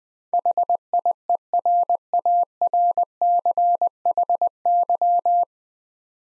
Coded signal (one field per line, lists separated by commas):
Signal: Morse code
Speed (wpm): 21 wpm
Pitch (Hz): 700 Hz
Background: none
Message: HIERARCHY